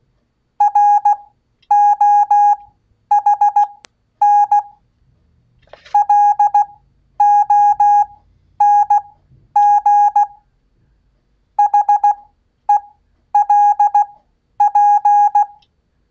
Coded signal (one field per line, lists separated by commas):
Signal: Morse code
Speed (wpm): 16 wpm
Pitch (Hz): 820 Hz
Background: none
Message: ROHN LONG HELP